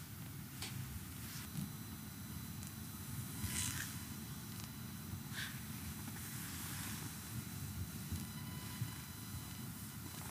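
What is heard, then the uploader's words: Hands rub and slide steadily over skin in a full body massage, a dense, unbroken hiss of friction over a low constant rumble. A few brief bright squeaks or clicks stand out, near the start and around the middle. Full body massage in four hands.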